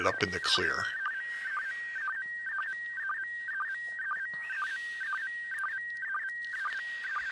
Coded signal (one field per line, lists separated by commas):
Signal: SSTV (slow-scan television)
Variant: PD 120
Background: speech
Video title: Live ISS SSTV pass